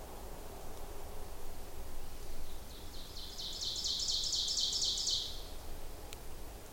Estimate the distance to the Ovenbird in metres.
about 55 m